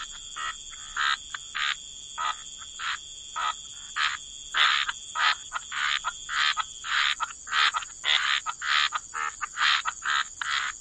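Frogs in chorus, raspy croaks at a rapid, uneven pace that grow busier and overlap toward the end, over a steady high-pitched hum.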